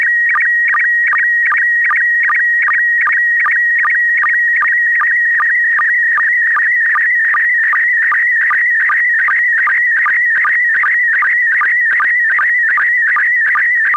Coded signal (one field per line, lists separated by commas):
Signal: SSTV (slow-scan television)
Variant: PD 50